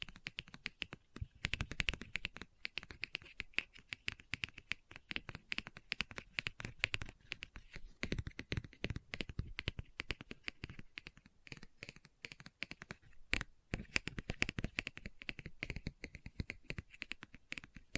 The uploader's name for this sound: Book Tapping, Scratching, Page Turning